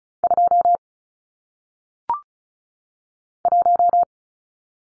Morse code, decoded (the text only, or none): 2 1